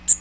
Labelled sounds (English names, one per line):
Magnolia Warbler flight call